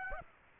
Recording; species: mosquito wingbeat signal from an infrared sensor; Aedes aegypti